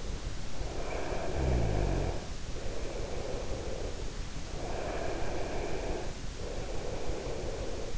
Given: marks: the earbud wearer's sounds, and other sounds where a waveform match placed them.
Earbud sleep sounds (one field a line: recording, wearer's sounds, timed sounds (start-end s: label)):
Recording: sounds in sleep by an in-ear microphone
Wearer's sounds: snoring breath, breath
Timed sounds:
0.56-4.40 s: snoring breath
4.30-7.97 s: breath